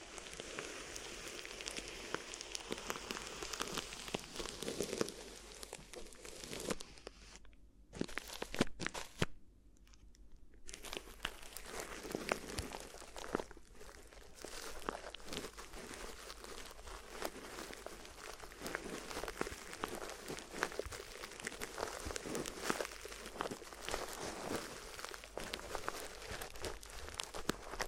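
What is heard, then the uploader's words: Crinkly ear massage with dense, continuous crackling and rustling, bright and busy throughout, easing into a brief quieter lull around eight to ten seconds. ASMR Addictive Crinkly Ear Massage (No Talking).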